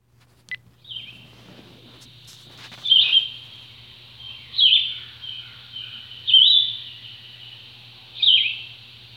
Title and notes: Red-eyed Vireo by Christie Mullen